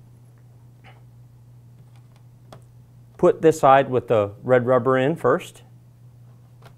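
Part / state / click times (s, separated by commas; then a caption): plastic bottom cover clips into laptop chassis / not seated / none. The plastic bottom cover of a Dell Inspiron 15 i7559 laptop is being handled and positioned over the chassis, red rubber side going in first. A few faint ticks and light taps, the sharpest near 2.5 s, sit over a steady low hum before someone talks. Nothing has snapped or seated yet.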